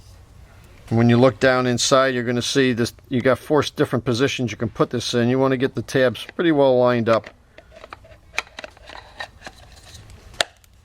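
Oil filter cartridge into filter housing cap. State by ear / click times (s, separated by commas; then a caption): seated / 10.4 s. Someone talks while lining up the two tabs of a paper oil filter cartridge in one of four positions in the plastic filter housing cap of a 2014 Range Rover Sport. After the talking, a few small handling clicks and scrapes are heard, then a sharp snap at 10.4 s as the cartridge seats into the housing cap.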